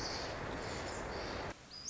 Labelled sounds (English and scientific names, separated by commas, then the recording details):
Pacific Wren (Troglodytes pacificus)
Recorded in Sonoma County, California